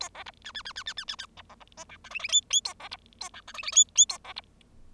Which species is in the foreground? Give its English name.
Bengalese Finch